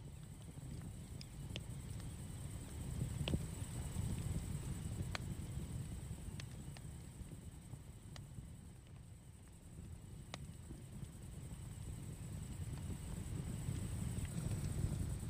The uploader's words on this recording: CAMPFIRE AMBIENCE | Cozy Crackling Fire Sounds.